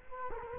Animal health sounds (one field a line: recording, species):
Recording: mosquito wingbeat signal from an infrared sensor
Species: Culex quinquefasciatus